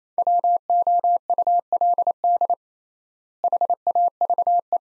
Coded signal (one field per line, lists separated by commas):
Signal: Morse code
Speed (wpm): 28 wpm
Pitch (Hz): 700 Hz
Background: none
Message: WOULD HAVE